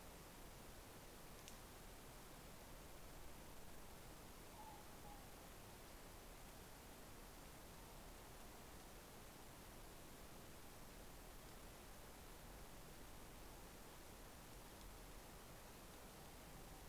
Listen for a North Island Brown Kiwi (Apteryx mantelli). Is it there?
no